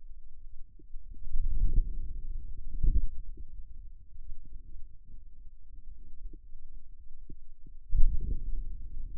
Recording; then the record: forearm muscle sounds (acoustic myography)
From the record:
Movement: outward rotation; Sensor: system 2, bracelet of six BSWA MPA416 microphones around the upper forearm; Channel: 2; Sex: male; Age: 22 years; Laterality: right